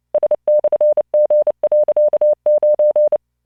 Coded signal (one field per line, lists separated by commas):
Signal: Morse code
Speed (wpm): 29 wpm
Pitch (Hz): 600 Hz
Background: none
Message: S/G.9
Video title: tamanのモールス練習動画25（モールス信号 速度29WPM スペース標準 Learn Morse Code